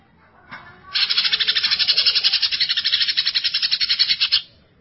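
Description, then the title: Leafbird delivering one long harsh buzzy rattle, fast pulses held steadily for about three and a half seconds before stopping abruptly. "Cucak ijo"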